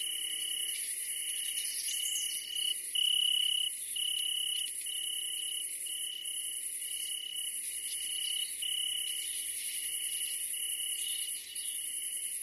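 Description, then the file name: Italian tree cricket song: steady mid-pitched trill in long pulses with short breaks, over a constant very high buzz and faint background noise. "Grillon d Italie"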